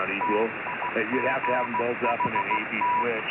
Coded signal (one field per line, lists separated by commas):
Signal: Morse code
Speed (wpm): 15 wpm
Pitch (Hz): 980 Hz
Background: speech, radio noise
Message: TIGHT